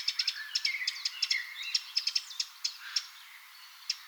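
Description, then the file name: Eurasian wren giving sharp, high ticking notes in quick irregular bursts, mixed with short warbled phrases, then sparser ticks toward the end. "Troglodytes troglodytes"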